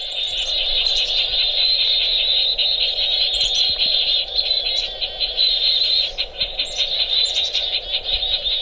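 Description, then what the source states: Chickadee mobbing call, a steady run of harsh, buzzy notes held almost continuously, with a few brief high chips scattered through it. Mobbing call played back from speakers hung in a tree to draw birds into view during a survey, so observers can check for mates or fledglings being fed.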